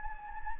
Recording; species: mosquito wingbeat signal from an infrared sensor; Anopheles gambiae